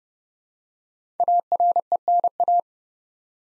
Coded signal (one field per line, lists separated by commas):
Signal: Morse code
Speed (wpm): 30 wpm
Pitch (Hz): 700 Hz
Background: none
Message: ARENA